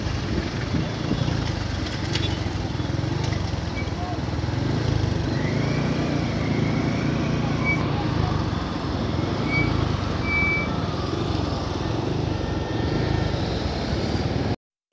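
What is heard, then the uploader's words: A busy street in Dar es Salaam heard while walking, with a steady low rumble of traffic running the whole time. Faint voices and occasional short bright chirps, like horns or birds, surface around the middle, and the sound stops abruptly just before the end. Walking Dar es Salaam. In this episode, I walk around Dar es Salaam.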